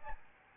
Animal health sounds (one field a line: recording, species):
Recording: mosquito wingbeat signal from an infrared sensor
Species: Aedes albopictus